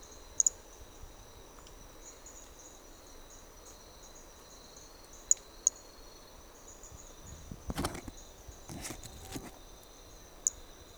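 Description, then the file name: Hermogenes's flea-toad giving several short, piercing high clicks spread throughout over a continuous insect buzz, with two noisy rustling bursts near the end. Recorded at Trilha do Ipiranga; individual 4; the first four notes of the call were lost. "MHNCI Brachy hermogenesi Trilha do Ipiranga ind 4 four starting notes lost"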